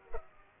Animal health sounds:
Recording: mosquito wingbeat signal from an infrared sensor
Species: Culex pipiens

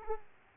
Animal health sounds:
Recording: mosquito wingbeat signal from an infrared sensor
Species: Aedes aegypti

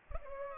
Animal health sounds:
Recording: mosquito wingbeat signal from an infrared sensor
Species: Culex pipiens

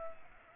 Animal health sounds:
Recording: mosquito wingbeat signal from an infrared sensor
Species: Culex pipiens

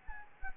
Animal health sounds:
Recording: mosquito wingbeat signal from an infrared sensor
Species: Anopheles gambiae

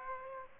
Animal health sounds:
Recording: mosquito wingbeat signal from an infrared sensor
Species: Aedes aegypti

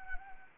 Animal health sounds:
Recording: mosquito wingbeat signal from an infrared sensor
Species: Anopheles arabiensis

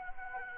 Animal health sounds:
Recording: mosquito wingbeat signal from an infrared sensor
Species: Anopheles gambiae

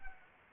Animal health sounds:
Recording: mosquito wingbeat signal from an infrared sensor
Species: Anopheles arabiensis

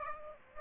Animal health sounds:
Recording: mosquito wingbeat signal from an infrared sensor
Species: Aedes aegypti

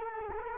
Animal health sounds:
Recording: mosquito wingbeat signal from an infrared sensor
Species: Culex quinquefasciatus

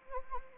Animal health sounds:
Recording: mosquito wingbeat signal from an infrared sensor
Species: Anopheles arabiensis

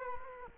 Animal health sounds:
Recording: mosquito wingbeat signal from an infrared sensor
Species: Culex quinquefasciatus

